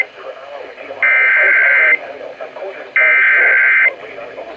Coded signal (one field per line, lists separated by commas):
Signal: Emergency Alert System (SAME) tones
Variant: header bursts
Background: speech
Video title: WELCOME HOME. 3,000 ALERTS!!! || EAS Alerts from August 17, 2024 (EAS #2,959-3,006)